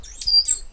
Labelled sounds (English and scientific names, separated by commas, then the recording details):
Stitchbird (Notiomystis cincta) song
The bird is a male
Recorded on Tiritiri Matangi Island, New Zealand, in 2005
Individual 8, of nest box 10